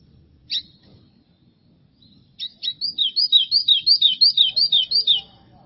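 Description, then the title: White-throated seedeater song: a single sharp note, then a fast run of paired high whistled notes for nearly three seconds; faint low background rumble. "Canto Do Golinha"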